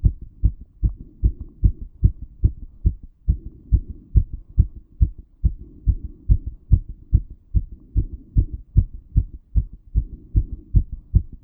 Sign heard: Racing heartbeat.